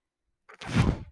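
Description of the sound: A brief low whoosh of air after silence: one breath delivered by a home mechanical ventilator.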